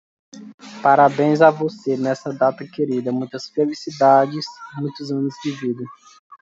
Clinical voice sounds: short text; Brazilian Portuguese; male; 20 to 29 years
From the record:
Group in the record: control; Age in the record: 28 years

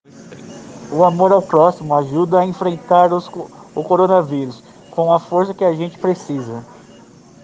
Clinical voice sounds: spoken sentence; Brazilian Portuguese; male; 40 to 49 years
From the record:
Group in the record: respiratory insufficiency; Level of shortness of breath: 5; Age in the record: 40 years

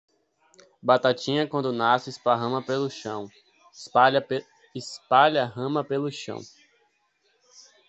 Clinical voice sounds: short text; Brazilian Portuguese; male; 20 to 29 years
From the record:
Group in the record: control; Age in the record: 21 years

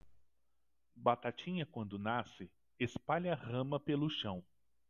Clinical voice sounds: short text; Brazilian Portuguese; male; 50 to 59 years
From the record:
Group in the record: control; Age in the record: 51 years

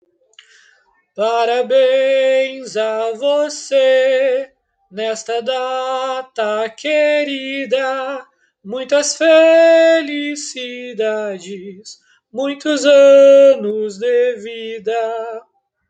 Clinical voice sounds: short text; Brazilian Portuguese; male; 18 to 19 years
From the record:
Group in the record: control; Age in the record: 19 years

